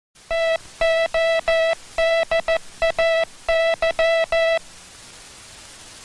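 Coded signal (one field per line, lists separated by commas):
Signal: Morse code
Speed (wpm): 14 wpm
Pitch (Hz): 660 Hz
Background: music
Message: TODAY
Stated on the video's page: Army Morse code sent across repeaters.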